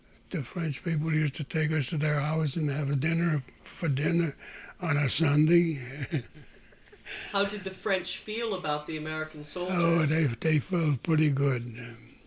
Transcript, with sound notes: The French people used to take us to their house and have a dinner, for dinner on a Sunday. ( he laughs )
How did the French feel about the American soldiers?
They felt pretty good,